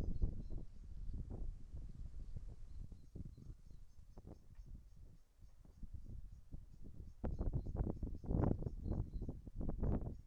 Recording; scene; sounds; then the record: everyday scene through a hearing-aid microphone; wind on the microphone; wind, birds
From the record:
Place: in front of a rural house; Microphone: behind the ear, right, rear